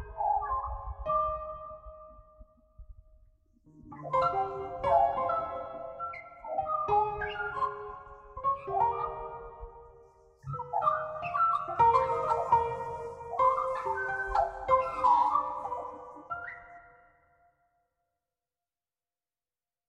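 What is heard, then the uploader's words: Piano notes ring out in clustered phrases with brief pauses near four and ten seconds, playing steadily until falling silent around seventeen seconds. Duet for Magpie and Piano in C Minor. I cleaned up the recording a little, then added a piano line an octave lower to emphasise the musicality of her performance.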